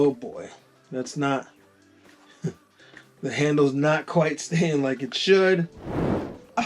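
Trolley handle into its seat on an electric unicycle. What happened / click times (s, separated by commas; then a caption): The handle latch knocked into its locked position / 6.6 s. Someone talks while pushing the retractable trolley handle of a Sherman S electric unicycle back into its seat after a control board swap. A sharp, loud knock is heard at 6.6 s as the handle latch seats and locks in place.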